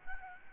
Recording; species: mosquito wingbeat signal from an infrared sensor; Aedes albopictus